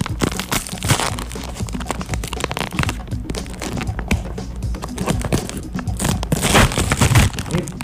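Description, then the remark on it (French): A snack bag of pizza-smelling Goldfish crackers is torn open and handled, making loud, continuous crinkling and crackling with dense irregular bursts that swell again near the end. No voices. “Boy, ça explose le sac, ça.”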